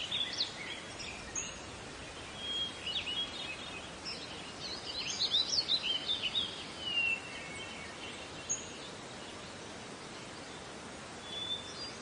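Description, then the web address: High twittering bird song swells in the middle, then fades to sparse short chirps, with steady noise underneath. "Meng Jun Bo. 自然-鸟鸣"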